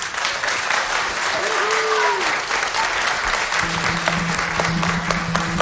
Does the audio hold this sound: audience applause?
yes